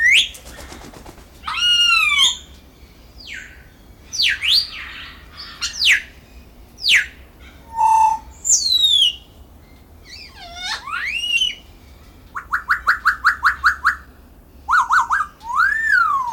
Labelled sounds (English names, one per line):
Grey Parrot call